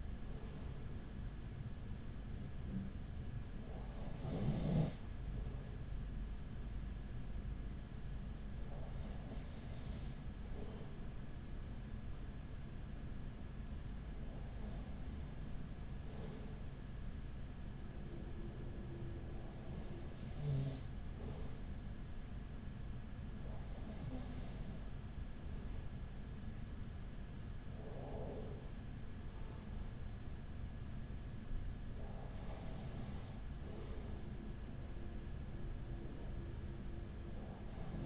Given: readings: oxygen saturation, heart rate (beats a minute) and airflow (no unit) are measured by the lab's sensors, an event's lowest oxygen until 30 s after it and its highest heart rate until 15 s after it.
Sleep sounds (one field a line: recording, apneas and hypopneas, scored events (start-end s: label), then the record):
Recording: breathing in sleep by a smartphone at the bedside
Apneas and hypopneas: 1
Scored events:
7.00-27.50 s: hypopnea (N2, oxygen 95% highest, then 94% lowest, heart rate 42 at the start, 44 highest)
16.00-38.06 s: new sleep stage, N1 (lightest sleep)
From the record:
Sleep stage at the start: N2 (light sleep)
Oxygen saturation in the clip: 94 to 95%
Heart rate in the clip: 41 to 44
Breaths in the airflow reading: 8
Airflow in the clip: -6.3 to 6.2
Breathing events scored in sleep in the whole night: 207 in 7.6 hours asleep